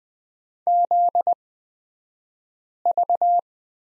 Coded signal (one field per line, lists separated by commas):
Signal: Morse code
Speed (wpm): 20 wpm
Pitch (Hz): 700 Hz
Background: none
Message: ZV